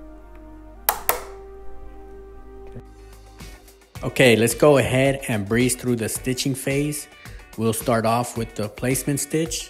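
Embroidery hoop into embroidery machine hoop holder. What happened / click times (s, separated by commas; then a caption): The hoop frame clicked into its holder / 0.9 s, 1.1 s. A loaded magnetic embroidery hoop holding a towel is slid onto the embroidery machine's hoop arms, giving two sharp clicks at 0.9 s and 1.1 s as it seats into place. After a quiet stretch, someone talks from about 4 s onward.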